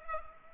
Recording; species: mosquito wingbeat signal from an infrared sensor; Culex pipiens